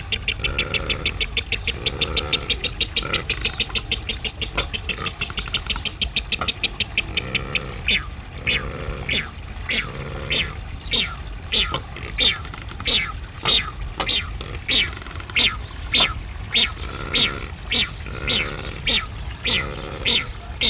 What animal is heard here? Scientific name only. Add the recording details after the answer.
Tachyeres brachypterus. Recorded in captivity. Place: Zoo Duisburg, Nordrhein-Westfalen, DE. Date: 1970-01-25. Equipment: Halbspur, 9,5 cm/s. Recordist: Lütgens, Hans